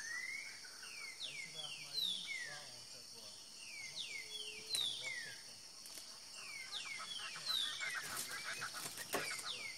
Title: Trinca Ferro NICÃ O No Mato Disputando Com Solto